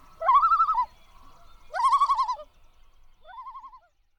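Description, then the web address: Common loon calling in three wavering, laughing tremolo phrases, the last one softer and shorter, against a quiet background. "Songs of Birds of North America Know Your Bird Sounds Common Western Species. Common Loon"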